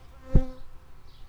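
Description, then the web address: Shrill carder bee buzz: a brief humming burst with clear stacked tones, swelling sharply and fading within about a quarter second, over faint low background hiss. Worker bees. "Sylvarum workers"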